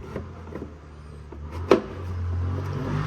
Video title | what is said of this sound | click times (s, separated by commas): Jeep TJ Step By Step Radiator Replacement. | snaps into place there | 1.7 s